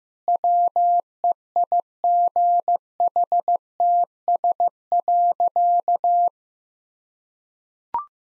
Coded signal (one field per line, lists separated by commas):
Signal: Morse code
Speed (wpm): 16 wpm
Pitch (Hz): 700 Hz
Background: none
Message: WEIGHTS.